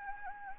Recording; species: mosquito wingbeat signal from an infrared sensor; Anopheles gambiae